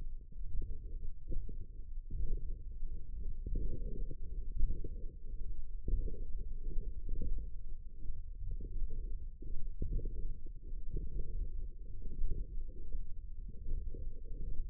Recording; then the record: forearm muscle sounds (acoustic myography)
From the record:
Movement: radial deviation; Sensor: system 1, eight BSWA MPA416 microphones around the upper forearm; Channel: 6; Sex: female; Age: 21 years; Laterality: right